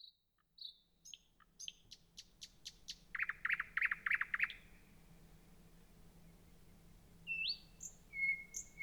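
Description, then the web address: Thrush nightingale phrase: quick high clicking notes building into a series of loud chocking strokes, then a pause and a few pure whistles. Recorded on 3 June 2016. "fagelljud 20160603 naktergal"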